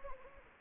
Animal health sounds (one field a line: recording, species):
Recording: mosquito wingbeat signal from an infrared sensor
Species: Anopheles gambiae